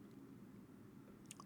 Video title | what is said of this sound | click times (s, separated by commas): GELERT MINI BREEZE BLOCKER MARKSMAN GAS STOVE COOKER CAMPING HIKING BACKPACKING WIND BREAK CAMPSITE | Oh, look at that. It locks into place. Nice. | 1.3 s